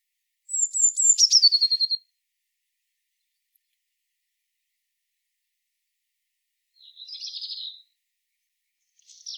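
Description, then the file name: Eurasian blue tit calls: a very high, thin series sliding downward, then later a short buzzy burst and a final brief high note, with quiet between. "Cyanistes caeruleus"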